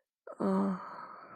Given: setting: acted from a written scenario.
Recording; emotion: vocal sound without words; contentment